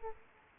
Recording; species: mosquito wingbeat signal from an infrared sensor; Aedes aegypti